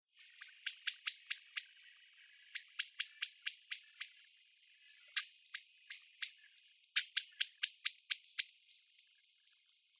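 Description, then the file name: Common blackbird calls: rapid series of sharp high chinking notes in bursts, each burst of several notes, with short pauses between groups and a quiet background. "Turdus merula"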